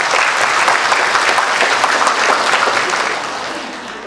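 A crowd of Buddhist followers applauds with dense, steady clapping that holds strong for about three seconds, then gradually thins and fades toward the end.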